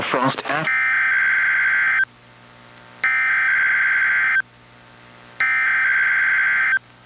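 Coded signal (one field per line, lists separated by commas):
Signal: Emergency Alert System (SAME) tones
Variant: header bursts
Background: speech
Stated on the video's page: NOAA Weather Radio required weekly test from the National Weather Service, relayed by a weather radio station and recorded off a Reecom R-1630 weather radio.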